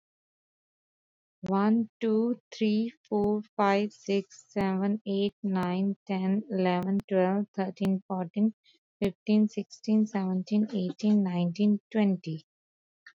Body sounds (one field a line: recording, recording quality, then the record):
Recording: counting at a normal pace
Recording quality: excellent, no background noise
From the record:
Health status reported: exposed to COVID-19, no respiratory illness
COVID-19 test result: negative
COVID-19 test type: RT-PCR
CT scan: not taken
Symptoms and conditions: sore throat, another condition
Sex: female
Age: 37 years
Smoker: no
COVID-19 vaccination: both doses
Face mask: not worn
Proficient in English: yes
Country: India